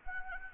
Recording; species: mosquito wingbeat signal from an infrared sensor; Anopheles arabiensis